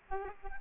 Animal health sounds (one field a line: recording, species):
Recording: mosquito wingbeat signal from an infrared sensor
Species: Aedes albopictus